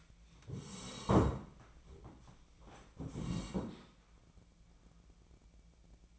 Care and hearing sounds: daily activity, microphone in the room; sit down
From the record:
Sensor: 1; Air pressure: 1012.3 hPa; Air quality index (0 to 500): 172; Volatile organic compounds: 3 ppm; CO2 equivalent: 1412 ppm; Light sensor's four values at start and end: 48/128/53/64 and 48/129/53/65

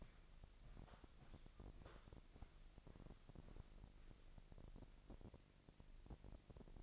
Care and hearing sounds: daily activity, microphone in the room; walk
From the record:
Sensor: 5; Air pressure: 1001.8 hPa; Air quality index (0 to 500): 185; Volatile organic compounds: 13 ppm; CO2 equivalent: 2384 ppm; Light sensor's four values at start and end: 33/107/40/43 and 33/107/40/43

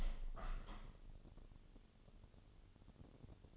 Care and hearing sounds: daily activity, microphone in the room; open window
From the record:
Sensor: 4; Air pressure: 1015.8 hPa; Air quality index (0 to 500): 95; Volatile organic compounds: 2 ppm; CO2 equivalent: 1065 ppm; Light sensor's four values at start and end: 9/20/8/7 and 9/20/8/7

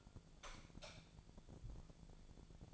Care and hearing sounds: daily activity, microphone in the room; light off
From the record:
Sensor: 5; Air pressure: 1000.1 hPa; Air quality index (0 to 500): 101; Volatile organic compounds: 1 ppm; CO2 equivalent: 822 ppm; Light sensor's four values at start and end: 233/557/238/263 and 230/547/234/259

